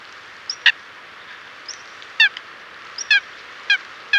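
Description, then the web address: Eurasian coot uttering abrupt, clipped metallic notes, several at uneven intervals, with faint high thin whistles between them and a constant hiss behind. "common coot calls"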